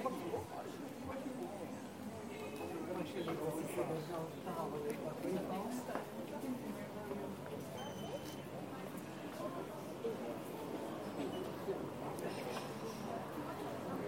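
Urban street sound in Taormina, Sicily: a steady crowd of overlapping voices talking throughout, with occasional brief clatters and higher tones.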